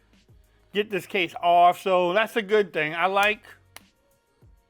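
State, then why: Seated. Someone talks while pressing a Crave Dual Guard hard-shell case back onto the edge of a Samsung Galaxy S23 Ultra smartphone. A sharp, brief snap is heard at 3.8 s as the case seats onto the phone, showing it is fitting in there well.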